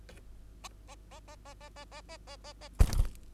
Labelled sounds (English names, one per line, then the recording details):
Bengalese Finch song
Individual Bird2